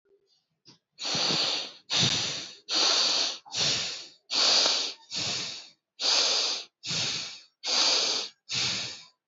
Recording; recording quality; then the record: shallow breathing; excellent, no background noise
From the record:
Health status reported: healthy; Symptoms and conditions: none ticked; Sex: male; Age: 42 years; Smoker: not ticked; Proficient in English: yes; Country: India